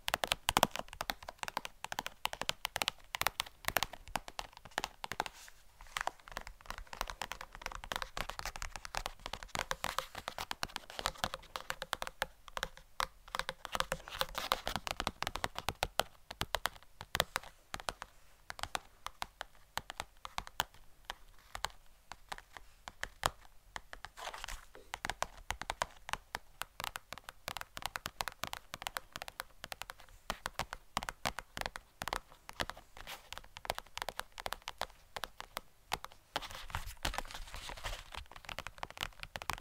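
Rapid, dense tapping runs continuously for the whole clip, sharp bright clicks arriving in quick irregular bursts like fast typing on keys.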